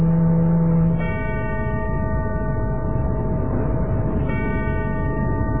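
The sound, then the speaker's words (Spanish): An old lighthouse clock's bell strikes ten times at ten at night, with deep, ringing tones that hang in the air, one stroke blending into the next, over a steady low rumble, with no voices. “Oportunamente, el viejo reloj del faro dejó escapar 10 lánguidas campanadas.”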